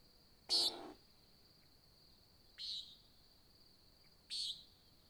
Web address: GDC 2018-Game Audio Bundle Discover Oregon - American Desert Birds Nighthawk 2017 Sutton July Dawn Nighthawk Competition